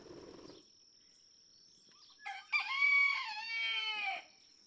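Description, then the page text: Red junglefowl (chicken): red junglefowl rooster crow, a hoarse multi-part phrase lasting under two seconds that starts in stutters and then holds steady, after a short low rumble and quiet. Several domestic roosters (chickens) in a barnyard just outside Mammoth Cave National Park, Kentucky, USA, June 2, 2010; each rooster crows differently, illustrating individual song differences. "Birdsong for the Curious Naturalist. Red junglefowl (chicken) No two roosters crow alike in this Kentucky barnyard. June 2, 2010. Just outside Mammoth Cave National Park, Kentucky"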